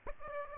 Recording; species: mosquito wingbeat signal from an infrared sensor; Aedes aegypti